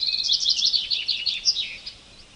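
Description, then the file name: Common chaffinch song, a single loud, rapid series of sharp notes descending steadily and closing with a short terminal flourish. "Fringilla coelebs"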